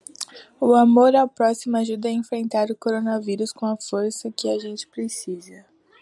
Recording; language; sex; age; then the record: spoken sentence; Brazilian Portuguese; female; 18 to 19 years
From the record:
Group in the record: control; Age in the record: 18 years